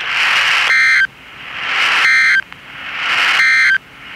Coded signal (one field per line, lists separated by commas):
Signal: Emergency Alert System (SAME) tones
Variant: end-of-message bursts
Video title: EAS Recreation: Encephalitis Outbreak during 9/11 in Louisiana NOAA Weather Radio (Sept. 11, 2001)